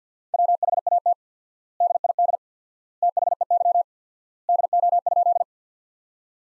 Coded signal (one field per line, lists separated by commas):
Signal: Morse code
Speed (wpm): 50 wpm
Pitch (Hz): 700 Hz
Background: none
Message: WHAT DID THEY DO?